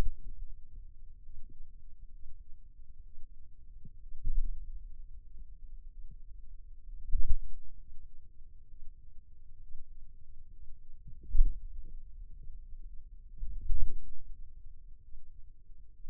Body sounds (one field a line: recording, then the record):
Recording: forearm muscle sounds (acoustic myography)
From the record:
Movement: pen grasping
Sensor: system 2, bracelet of six BSWA MPA416 microphones around the upper forearm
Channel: 5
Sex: male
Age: 22 years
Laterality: right